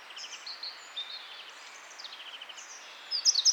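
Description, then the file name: Eurasian wren song: soft, varied high chips and short trills, ending in a louder, rapid high rattle. "Troglodytes troglodytes"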